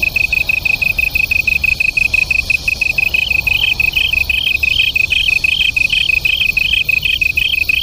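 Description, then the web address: Japanese tree cricket song. A single steady trill is heard first, then a second, higher pulsing voice joins after about three seconds, beating evenly. Local name kantan; two crickets singing as a duet. "sikioto insect kantanduet"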